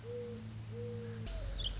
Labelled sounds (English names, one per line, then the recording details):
Mourning Dove
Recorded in Sonoma County, California